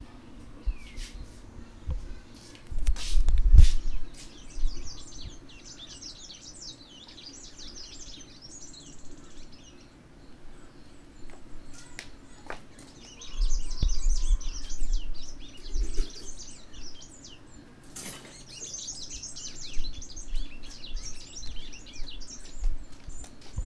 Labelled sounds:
Chestnut-crowned Sparrow-weaver
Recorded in northern Uganda

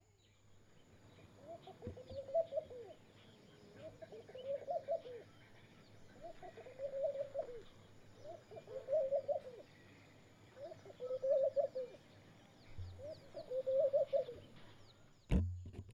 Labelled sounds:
Laughing Dove
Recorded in northern Uganda

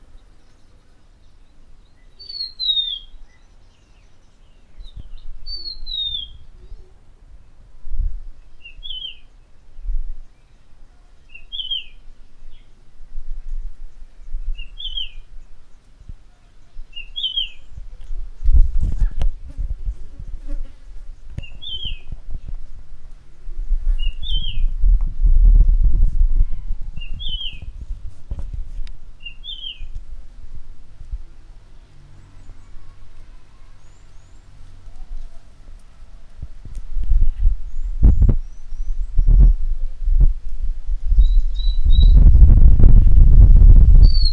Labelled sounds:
Rufous-naped Lark
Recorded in northern Uganda

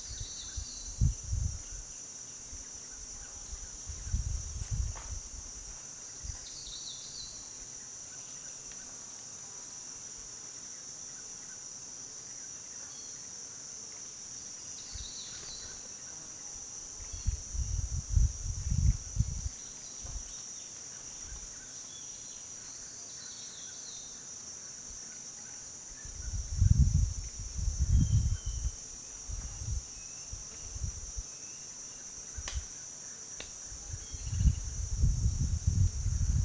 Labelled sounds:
Green Crombec
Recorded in Kibale, Uganda

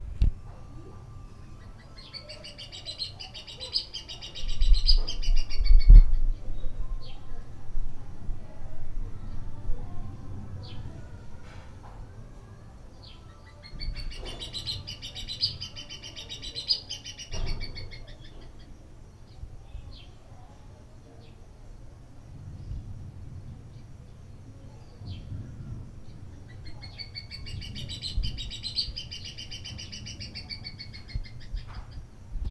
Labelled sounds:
Crowned Hornbill
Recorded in Lake Mburo, Uganda

